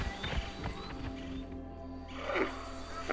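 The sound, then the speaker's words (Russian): Angry elephants and rhinoceroses grunt and rumble in low, harsh bellows, with heavy snorting bursts and a louder throaty call rising near the end, with no talking. “И рыщут по дороге слоны и носороги, и говорят сердито: что ж нету Айболита?”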